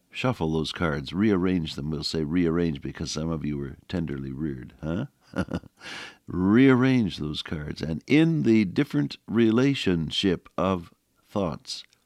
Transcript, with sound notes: “Shuffle those cards, rearrange them.” We’ll say ‘rearrange,’ because some of you are tenderly reared, huh? [chuckle] Rearrange those cards. And in the different relationship of thoughts,